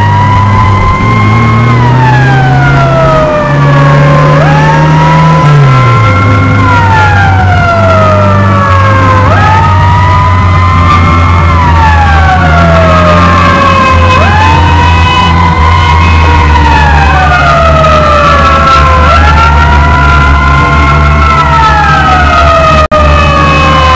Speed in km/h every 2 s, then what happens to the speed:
37, 43, 52, 49, 51, 51, 44, 46, 40, 40, 37, 41.
0-4 speeds up to 52. 4-10 steady at about 51. 10-12 brakes to 44. 12-24 steady at about 40.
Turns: none.